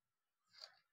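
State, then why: Seated. A monitor mounting bracket's two tabs are inserted into the two holes on a desktop stand and pressed in, producing one sharp click at 0.6 s as the mount locks onto the stand automatically. A rising scraping, pressing noise builds around the hit and fades afterward, leaving the mount seated.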